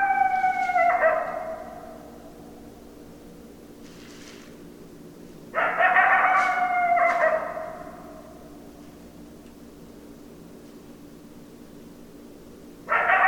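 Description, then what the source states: Coyote howling: the end of one howl, a full howl after a lull, and the start of another at the very end, with quiet hum between. Several coyotes, 10 December 2012.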